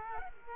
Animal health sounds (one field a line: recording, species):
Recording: mosquito wingbeat signal from an infrared sensor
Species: Culex quinquefasciatus